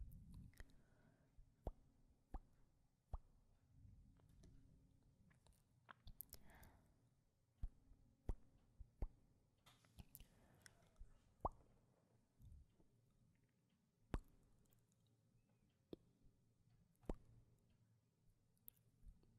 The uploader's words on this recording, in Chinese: 亲亲与口唇声。各种口红触发音。